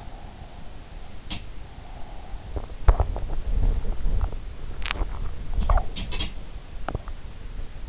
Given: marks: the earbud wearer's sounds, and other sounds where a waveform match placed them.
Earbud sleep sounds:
sounds in sleep by an in-ear microphone; breath, swallowing, body movement
0.01-0.94 s: breath
1.77-2.54 s: breath
2.54-3.41 s: swallowing
2.59-7.89 s: body movement
4.77-5.87 s: swallowing
5.87-6.35 s: sound from someone else or the room
6.81-7.17 s: swallowing

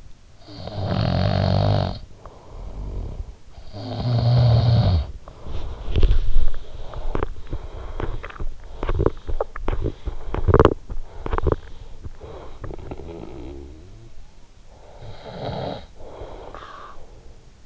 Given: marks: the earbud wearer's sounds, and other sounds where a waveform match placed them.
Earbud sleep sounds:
sounds in sleep by an in-ear microphone; snoring breath, body movement, teeth grinding
0.00-3.31 s: snoring breath
3.54-6.19 s: snoring breath
5.54-6.88 s: body movement
6.88-11.85 s: teeth grinding
11.85-17.63 s: snoring breath

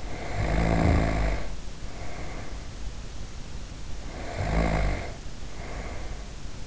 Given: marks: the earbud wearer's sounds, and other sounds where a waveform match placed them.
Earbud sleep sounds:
sounds in sleep by an in-ear microphone; snoring breath
0.00-2.67 s: snoring breath
4.10-6.46 s: snoring breath

